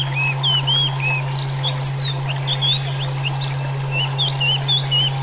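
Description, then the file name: Chinese hwamei singing a lively string of clear whistled notes, some rising, some looping and some falling. A constant low hum runs underneath. "suara alam hwamei"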